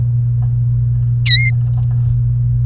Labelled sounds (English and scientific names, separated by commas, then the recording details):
Domestic Canary (Serinus canaria) song
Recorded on 28 April 2018 at 18:10
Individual llb3